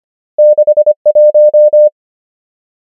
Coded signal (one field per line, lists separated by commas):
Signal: Morse code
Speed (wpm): 25 wpm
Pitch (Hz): 600 Hz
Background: none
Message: 6 1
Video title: morse code practice | 25wpm | 25fw | numbers | ENGLISH